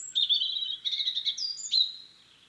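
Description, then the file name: European robin song, continuous high tinkling warble with thin whistled notes and a brief trill, fading out at the end. "Erithacus rubecula"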